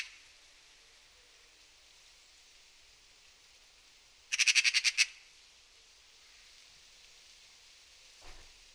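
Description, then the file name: Eurasian magpie giving one brief dry rattle of about seven quick harsh notes against a steady hiss. "Pica pica"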